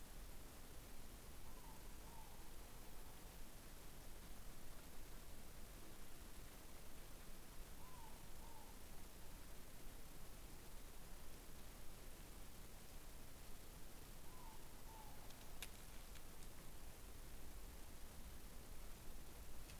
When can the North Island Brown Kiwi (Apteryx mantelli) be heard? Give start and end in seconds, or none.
none